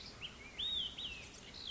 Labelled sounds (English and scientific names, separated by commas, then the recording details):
Olive-sided Flycatcher (Contopus cooperi)
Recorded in Sonoma County, California